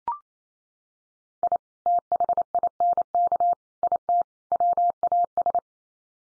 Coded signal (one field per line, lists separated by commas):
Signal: Morse code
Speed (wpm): 28 wpm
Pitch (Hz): 700 Hz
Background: none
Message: I THINK IT WAS